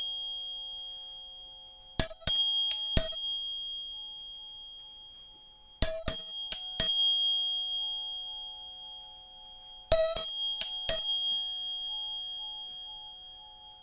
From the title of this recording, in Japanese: 音叉チューニング